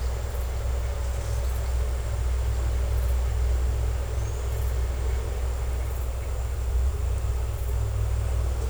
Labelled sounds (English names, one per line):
none